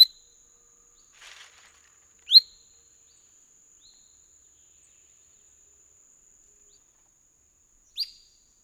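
La Sagra's flycatcher giving a few short, sharp upslurred notes, spaced irregularly several seconds apart, with a faint soft rustle and a steady high background tone.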